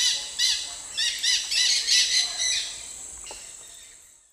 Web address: Natures Songs S America Eastern Lowlands Aratinga weddellii, group flight calls